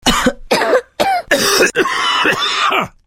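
An adult gives a rapid series of repeated, acted coughs, used as a sound effect.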